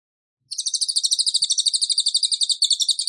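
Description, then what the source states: Bird launching suddenly into a continuous high, fast, buzzy pulsed trill of evenly spaced notes lasting nearly three seconds. Bird singing actively ('gacor') in the 'tembakan' rapid-burst style, used for training cage birds.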